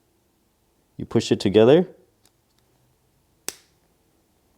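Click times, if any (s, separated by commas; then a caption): 3.5 s. Someone talks, then two plastic Kato model train track sections from a beginner set are pushed together end to end until the clip joiners at the bottom engage. After a couple of faint ticks around 2.3 and 2.6 seconds, a single sharp click sounds at 3.5 seconds as the track section locks into the next one, seated and joined.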